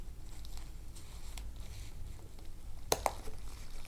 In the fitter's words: you get a nice solid click much